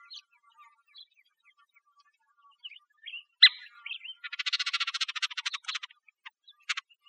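Streaked flycatcher calls: short squeaky notes, a sharp loud squeak, then a fast buzzy chattering series lasting about a second and a half, in a quiet background.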